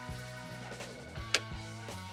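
A front basket is set onto its mounting bracket on a Jazzy Zero Turn 8 mobility scooter over steady background music. One sharp click at 1.3 seconds marks the basket seating on the bracket.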